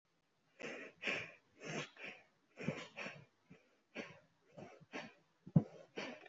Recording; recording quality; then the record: shallow breathing; excellent, no background noise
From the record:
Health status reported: healthy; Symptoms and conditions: none ticked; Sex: female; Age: 44 years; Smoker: not ticked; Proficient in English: yes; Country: India